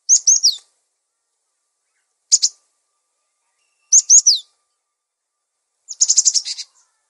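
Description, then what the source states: Songbird: bird song in short bursts of high, clean chirps and slurred downward notes, about four phrases spaced a second or more apart, with silence between. Masteran recording for training songbirds.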